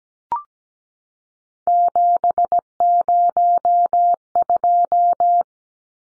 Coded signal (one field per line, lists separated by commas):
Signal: Morse code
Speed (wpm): 17 wpm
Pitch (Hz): 700 Hz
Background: none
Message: 702